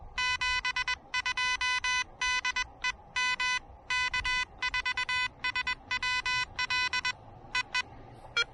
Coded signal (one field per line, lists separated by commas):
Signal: Morse code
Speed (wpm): 20 wpm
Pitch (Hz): 2000 Hz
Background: none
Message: 72 DE M K4SWL EE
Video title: The New Elecraft KH1: First pedestrian mobile POTA activation!